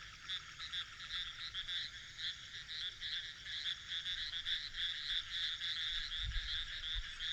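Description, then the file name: Frog chorus of quick, rattling pulses overlapping continuously, with a brief low thump near the end. "grenouilles"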